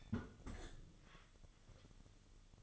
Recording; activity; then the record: daily activity, microphone in the room; close fridge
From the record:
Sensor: 4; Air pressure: 1008.6 hPa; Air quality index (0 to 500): 78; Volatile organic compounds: 1 ppm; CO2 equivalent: 640 ppm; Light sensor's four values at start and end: 12/28/11/12 and 13/30/12/12